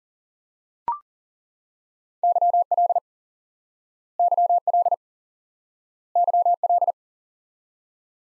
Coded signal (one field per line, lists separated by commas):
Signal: Morse code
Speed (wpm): 37 wpm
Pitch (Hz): 700 Hz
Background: none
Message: YL YL YL